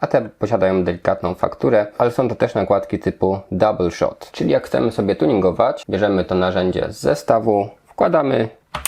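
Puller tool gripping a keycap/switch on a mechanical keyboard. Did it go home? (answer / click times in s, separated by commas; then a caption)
no / none. Someone talks throughout while inserting the plastic puller tool from the kit onto a textured, double-shot keycap and switch of a Huzaro Rocket 4.0 mechanical keyboard with Outemu Brown switches and RGB diodes. Two brief sharp sounds come right at the end, near 8.8 s. Nothing has seated or clicked into place yet.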